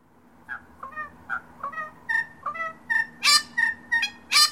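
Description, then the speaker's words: Red wattlebird calls, a series of harsh, nasal, cackling notes repeated about three times a second, growing louder, with two rasping bursts near the end. Recorded at Merry Creek, Melbourne, Australia; loud call of harsh, grating and melodious notes, often repeated in a pattern to establish and defend territories. "They have a loud and distinctive call that consists of various harsh, grating and melodious notes."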